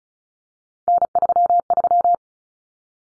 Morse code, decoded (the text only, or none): N33